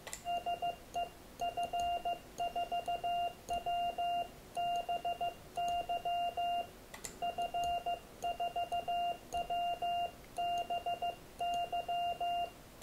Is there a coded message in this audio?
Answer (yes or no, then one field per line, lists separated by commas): yes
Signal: Morse code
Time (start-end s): 0.3-12.5 s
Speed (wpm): 15 wpm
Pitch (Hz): 700 Hz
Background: radio noise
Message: SE F4WBY F4WBY